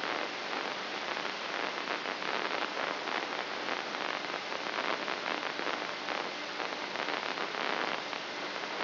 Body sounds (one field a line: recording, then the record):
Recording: brain microelectrode recording played as sound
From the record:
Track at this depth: outside the subthalamic nucleus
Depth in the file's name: 2.536 mm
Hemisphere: left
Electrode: 3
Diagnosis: Parkinson's disease